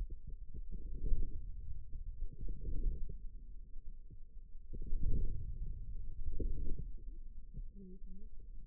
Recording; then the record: forearm muscle sounds (acoustic myography)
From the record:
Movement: inward rotation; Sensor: system 2, bracelet of six BSWA MPA416 microphones around the upper forearm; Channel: 4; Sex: female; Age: 21 years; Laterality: right